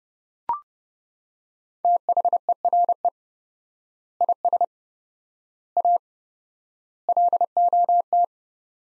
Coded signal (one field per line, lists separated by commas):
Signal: Morse code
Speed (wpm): 30 wpm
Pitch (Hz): 700 Hz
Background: none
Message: THERE IS A LOT